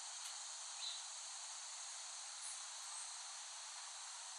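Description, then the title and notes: Cicadas heard as a soft continuous high buzzing drone. Cicadas recorded in West Brighton, Staten Island, late summer 2008. "The Cicadas of Summer. Recording of cicadas made by Dan Bodah in West Brighton, Staten Island, late summer 2008"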